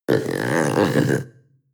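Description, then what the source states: Panther growl: one deep, rough, short growl lasting just over a second, then trailing off. Young panther giving a deep, short growl.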